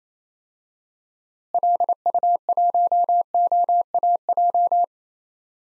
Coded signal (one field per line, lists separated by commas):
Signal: Morse code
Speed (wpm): 28 wpm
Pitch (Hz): 700 Hz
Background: none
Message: LU1OAJ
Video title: DXCC-100 Call Signs - 6 Character Repeated 2x - 28wpm